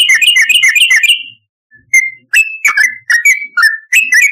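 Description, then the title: Yellow-vented bulbul song: bubbly, whistled phrases of quick up-and-down notes, a short pause, then separate liquid slurred notes in quick succession. "Trucukan"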